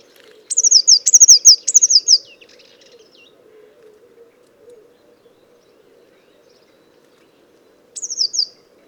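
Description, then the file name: Eurasian blue tit with a loud run of sharp, high notes, each sliding down in pitch, then quiet before one brief repeat near the end. "Cyanistes caeruleus"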